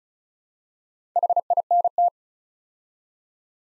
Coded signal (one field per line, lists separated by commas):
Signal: Morse code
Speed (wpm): 36 wpm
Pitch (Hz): 700 Hz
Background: none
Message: HINT